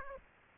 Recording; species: mosquito wingbeat signal from an infrared sensor; Aedes aegypti